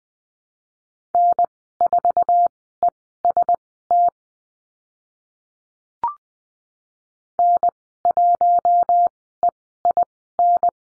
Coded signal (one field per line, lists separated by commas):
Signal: Morse code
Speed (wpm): 20 wpm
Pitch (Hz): 700 Hz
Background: none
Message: N4EST N1EIN